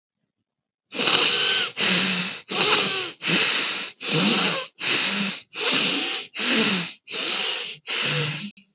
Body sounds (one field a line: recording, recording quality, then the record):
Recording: shallow breathing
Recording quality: excellent, no background noise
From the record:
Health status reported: healthy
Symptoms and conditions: none ticked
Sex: male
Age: 29 years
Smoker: not ticked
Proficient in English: yes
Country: United States